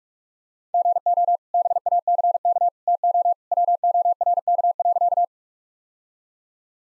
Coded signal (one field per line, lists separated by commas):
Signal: Morse code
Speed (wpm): 46 wpm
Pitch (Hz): 700 Hz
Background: none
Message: GO BACK TO WORK.